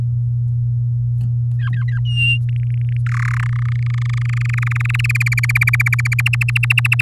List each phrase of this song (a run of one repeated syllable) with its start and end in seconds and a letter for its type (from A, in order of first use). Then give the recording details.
1.59-2.00 A, 2.05-2.38 B, 2.49-2.97 C, 3.06-3.47 D, 3.49-5.01 E, 5.04-6.21 F, 6.26-7.01 G. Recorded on 7 May 2018 at 05:55. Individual llb16